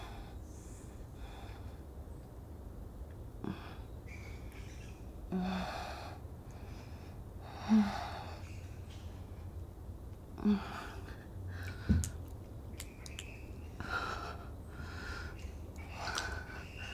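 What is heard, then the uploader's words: Dusk settles over an outdoor scene with a steady low rumble underneath. Short, bright calls flicker in and out throughout, with a few louder snorting bursts near the middle, around eight, ten and twelve seconds. In that crossover point in time when some creatures are settling down for the evening and some are just waking up.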